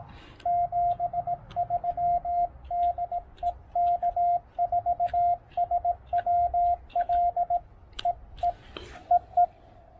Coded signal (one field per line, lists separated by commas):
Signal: Morse code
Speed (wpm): 18 wpm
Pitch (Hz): 700 Hz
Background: radio noise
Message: 73 DE K4SWL EE EE